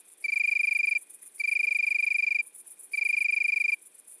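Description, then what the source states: Italian tree cricket: three loud, smooth trills of roughly a second each with short pauses, over a rapid high pulsing in the background. Recorded at midnight at Le Puech, Cantal.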